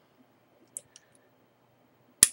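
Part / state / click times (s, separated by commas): other end of hose quick-connect fitting onto its port / seated / 2.2 s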